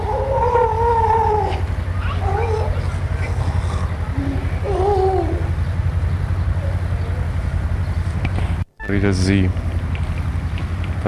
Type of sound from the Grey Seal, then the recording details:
call. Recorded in captivity. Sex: pair. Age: subadult. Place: Zoo Rostock, Mecklenburg-Vorpommern, DE. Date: 1962-05-25 14:55. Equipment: Minifon, Kopie Smaragd. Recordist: Tembrock, Günter